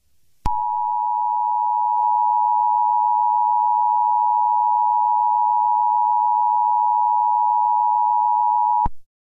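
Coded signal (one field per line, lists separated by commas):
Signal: Emergency Alert System (SAME) tones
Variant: 853 and 960 Hz attention tone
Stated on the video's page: Fictional EAS scenario, a simulated alert for entertainment.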